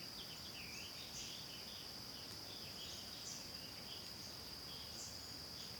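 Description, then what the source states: Insect chorus forms a constant high whine; a few soft bird chirps and a short warble drift through the background. Constant insect sound in forest ambience, with a few birds.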